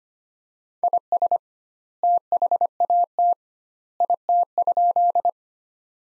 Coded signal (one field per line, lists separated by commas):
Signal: Morse code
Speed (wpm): 25 wpm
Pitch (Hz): 700 Hz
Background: none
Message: IS THAT IT?